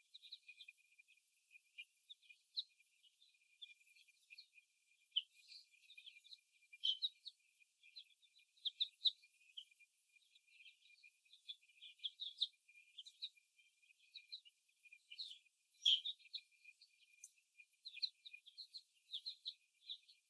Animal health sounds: young laying hens in a cage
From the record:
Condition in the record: before the stressor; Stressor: simulated dog barking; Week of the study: 1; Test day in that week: 1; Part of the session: 2

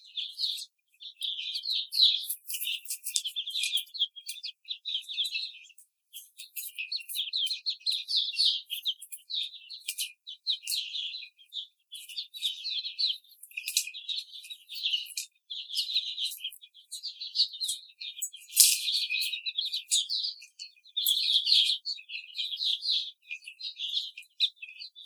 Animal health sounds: young laying hens in a cage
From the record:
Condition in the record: treatment cage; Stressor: simulated dog barking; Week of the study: 5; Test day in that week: 1

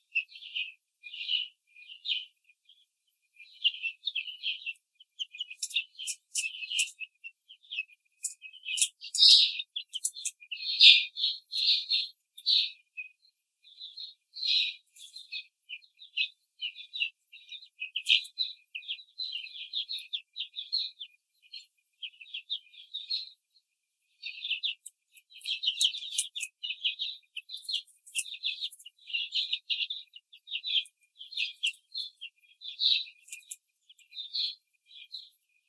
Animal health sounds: young laying hens in a cage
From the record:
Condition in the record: control cage, after the stress test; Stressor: none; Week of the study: 4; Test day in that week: 3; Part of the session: 2

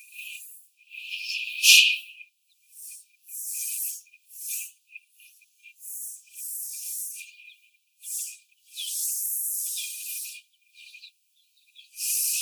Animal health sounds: young laying hens in a cage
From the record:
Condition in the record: before the stressor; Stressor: simulated dog barking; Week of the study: 4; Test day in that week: 2

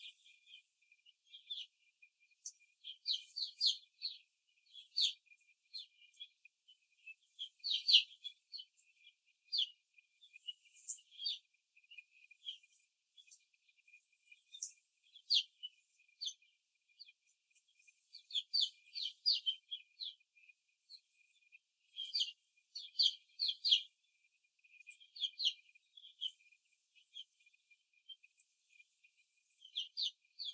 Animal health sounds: young laying hens in a cage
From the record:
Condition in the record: after the stressor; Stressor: simulated dog barking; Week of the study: 2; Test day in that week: 2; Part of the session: 2

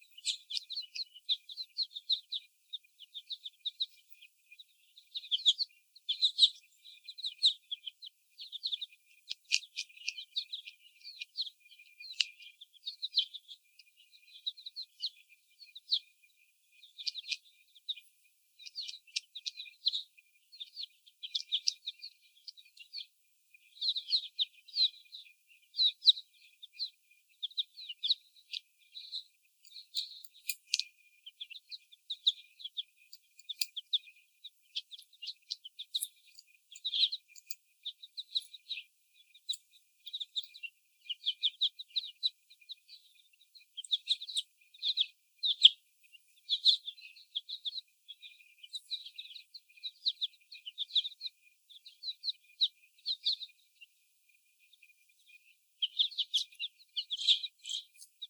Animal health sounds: young laying hens in a cage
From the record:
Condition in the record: before the stressor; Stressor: sudden umbrella opening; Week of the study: 1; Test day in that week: 1

